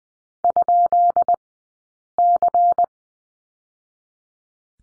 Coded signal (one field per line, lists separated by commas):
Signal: Morse code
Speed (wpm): 20 wpm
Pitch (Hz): 690 Hz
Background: none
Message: ?C